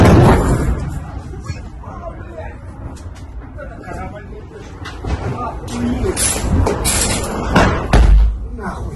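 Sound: explosion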